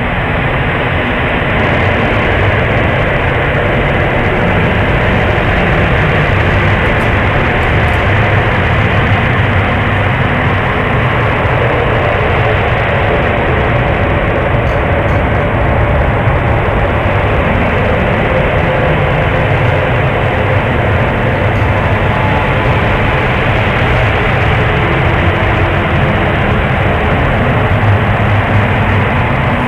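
Dense, unbroken drone music: a thick wall of rumbling, roaring noise that holds a steady loudness throughout, resembling a passing train or jet engine, with no voices.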